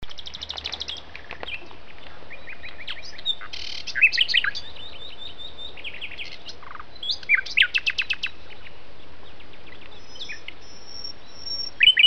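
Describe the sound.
Common nightingale song: fast, varied phrases mixing piping whistles, dry rattling trills and rapid repeated notes, with short pauses between bursts over a steady background hiss.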